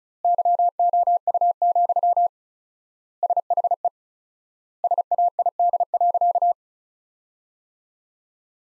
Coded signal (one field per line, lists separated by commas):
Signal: Morse code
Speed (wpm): 36 wpm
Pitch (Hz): 700 Hz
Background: none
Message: YOU, SHE SAID.